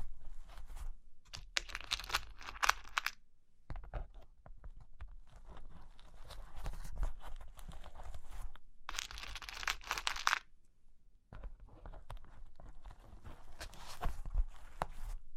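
Cork and wood are tapped, scratched and traced in quick, irregular clusters of small clicks and rasps. Brighter scratching bursts come around 2, 9–10 and 14 seconds, with brief silent gaps near 3.5, 9 and 11 seconds and a soft low rumble underneath.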